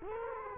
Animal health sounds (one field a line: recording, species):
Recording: mosquito wingbeat signal from an infrared sensor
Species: Culex quinquefasciatus